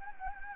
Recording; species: mosquito wingbeat signal from an infrared sensor; Anopheles gambiae